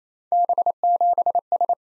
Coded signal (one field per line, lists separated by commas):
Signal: Morse code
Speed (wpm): 27 wpm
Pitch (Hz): 700 Hz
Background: none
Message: B7S